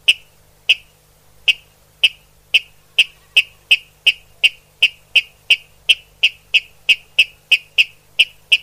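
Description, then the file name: Water rail giving a long series of sharp clicking notes, quickening a little after the first few, on a quiet background. "Rallus aquaticus sequence"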